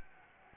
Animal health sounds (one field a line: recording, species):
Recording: mosquito wingbeat signal from an infrared sensor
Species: Anopheles gambiae